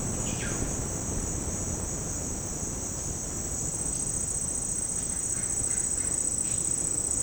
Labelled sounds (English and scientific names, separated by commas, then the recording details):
Russet-backed Oropendola (Psarocolius angustifrons), Yellow-rumped Cacique (Cacicus cela)
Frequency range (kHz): Russet-backed Oropendola (Psarocolius angustifrons) 1.1-5.0 kHz; Yellow-rumped Cacique (Cacicus cela) 0.9-4.5 kHz
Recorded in dense forest near Puerto Asís, Putumayo, Colombia, on 20 February 2024 at 08:00
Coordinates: 0.486, -76.316
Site G6437